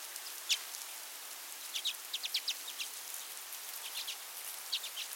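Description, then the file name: Common redpoll calls, scattered sharp chip notes given singly and in short runs, with quiet gaps between. Nominate subspecies flammea. "Carduelis flammea flammea - Common Redpoll"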